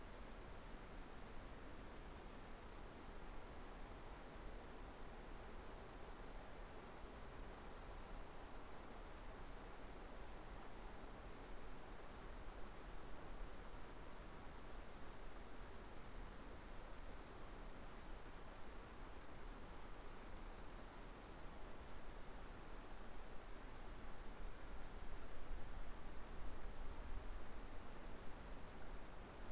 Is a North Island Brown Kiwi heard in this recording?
no